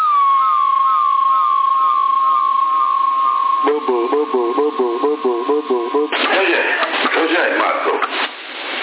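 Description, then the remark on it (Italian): A narrow, tinny CB radio transmission during a radio test with an Intek HR5005 in Sassari: a steady warbling tone gives way to a garbled voice repeating in rapid echoes from an echo effect, then a burst of harsh, static-heavy noise before it cuts off. “Sono io che sto facendo a Bulotto con l'eco.”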